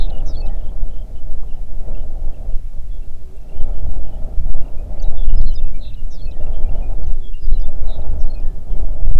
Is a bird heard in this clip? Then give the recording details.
yes. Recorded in the Arctic National Wildlife Refuge, Alaska, on 3 June 2019 at 05:07. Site 37